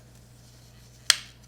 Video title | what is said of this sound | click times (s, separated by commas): New Red Handle Saladacco Spiral Slicer Raw Food Pasta Noodle Maker Review | there heard that click and that's the noodles noodles | 1.1 s